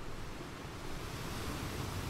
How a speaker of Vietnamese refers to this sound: Sóng biển vỗ ào ào về phía hai người, như hòa thêm âm điệu cho câu chuyện về một cuộc đời bất hạnh.